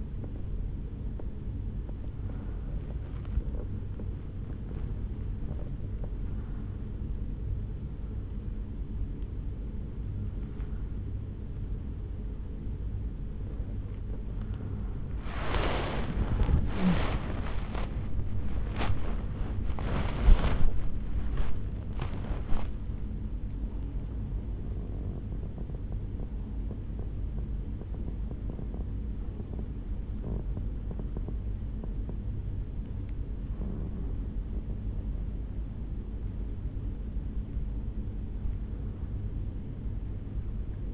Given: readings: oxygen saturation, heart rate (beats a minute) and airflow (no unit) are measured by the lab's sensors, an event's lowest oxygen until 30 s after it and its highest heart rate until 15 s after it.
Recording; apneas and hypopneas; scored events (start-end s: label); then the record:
a person awake in a sleep study, by a smartphone at the bedside; none
0.00-40.94 s: awake
From the record:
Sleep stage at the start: awake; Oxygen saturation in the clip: 93 to 98%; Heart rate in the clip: 68 to 80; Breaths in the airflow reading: 9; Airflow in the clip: -7.5 to 7.4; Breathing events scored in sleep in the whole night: 449 in 7.0 hours asleep